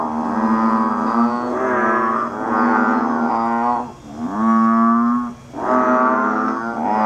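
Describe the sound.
Banded bullfrog giving long, droning, moo-like calls with strong harmonic bands, each held one to two seconds, separated by brief dips, repeated steadily.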